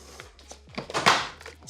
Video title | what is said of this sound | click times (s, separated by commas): Why Your Fan Grinds and Won't Oscillate Real Fix | Snaps into place. | 0.8 s